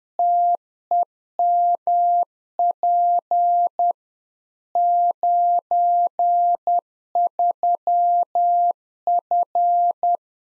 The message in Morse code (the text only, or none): TEMP 93F